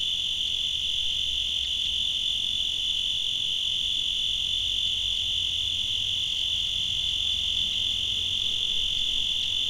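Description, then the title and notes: Cricket sings a relentless high-pitched trill without pause, with quiet low-frequency background noise. Made in Tavira, Tangier, Lima and Bhubaneswar. "ACA - Grabaciones de campo. Grillo. grabaciones hechas en tavira, tangier, lima, bhubanshwar"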